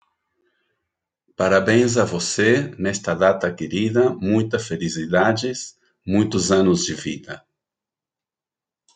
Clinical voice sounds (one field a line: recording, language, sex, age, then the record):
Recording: short text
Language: Brazilian Portuguese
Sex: male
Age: 50 to 59 years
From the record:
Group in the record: control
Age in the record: 57 years